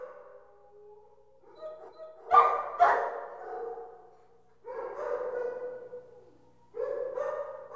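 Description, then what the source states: Dogs barking, a few sharp barks near the start, then stretches of overlapping barking and whining separated by quieter gaps. Many dogs barking in an indoor kennel.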